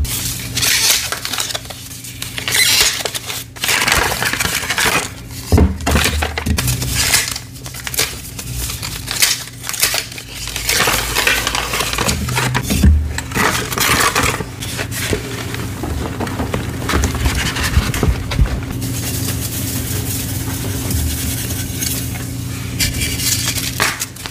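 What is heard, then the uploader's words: Black gym chalk is crushed and worked in a dense, gritty stream of crunches and scrapes, with a steady low hum underneath throughout. Crushing black gym chalk blocks and reforms, plus the full reforming process, including paste mixing.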